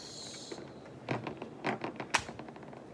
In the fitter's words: and then boom just pops right in place and then put this thing on